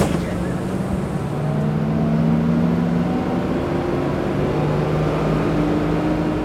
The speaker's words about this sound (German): Mit dem Bus ins Zentrum.